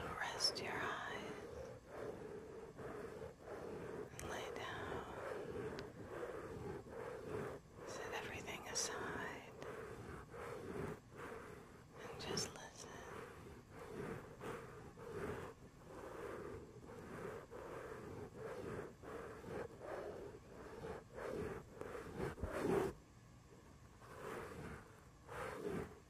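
Scratching with a head and back scratcher against the mic, a dense, continuous rasping texture with a steady low-mid hum underneath. Sharper bright scrapes and taps cut through every few seconds, with a hard knock around 22 seconds before a slightly quieter stretch.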